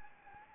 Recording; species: mosquito wingbeat signal from an infrared sensor; Anopheles arabiensis